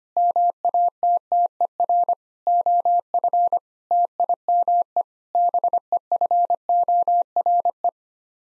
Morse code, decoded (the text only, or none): MATTER OF TIME BEFORE